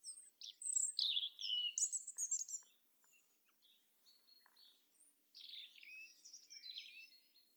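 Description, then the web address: European robin song, bright tumbling high warbles and thin whistles at first, a quieter stretch, then another sweet, rippling phrase. "SETE data Erithacus rubecula"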